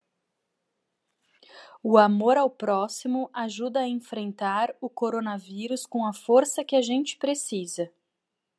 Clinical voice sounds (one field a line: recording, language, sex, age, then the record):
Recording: spoken sentence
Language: Brazilian Portuguese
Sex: female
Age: 40 to 49 years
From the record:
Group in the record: control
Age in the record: 41 years